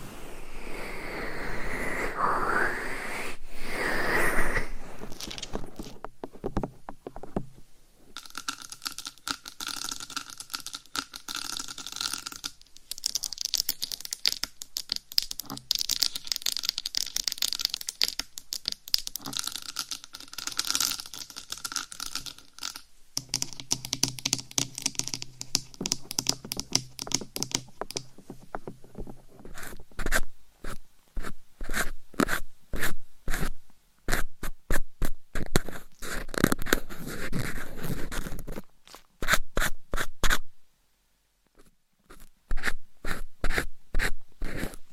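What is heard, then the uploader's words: Scratching and tapping with a dry, crunchy texture, like fingernails worked over a surface. The first half is dense, continuous rubbing with a few brief pauses. After about thirty seconds it turns into sharp, separate taps in quick irregular bursts, with a short silence near forty seconds. Scratching , Tapping , Massage & More No Talking.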